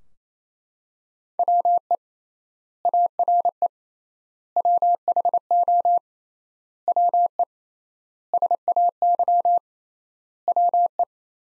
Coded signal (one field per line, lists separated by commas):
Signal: Morse code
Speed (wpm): 28 wpm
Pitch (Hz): 700 Hz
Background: none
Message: WE ARE WHO WE SAY WE